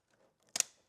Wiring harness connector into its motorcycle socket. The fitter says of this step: When I move this lever, it clamped it down and it's locked into place.